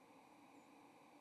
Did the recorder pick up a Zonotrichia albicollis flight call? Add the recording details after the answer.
yes. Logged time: 07:11 on 30 October 2014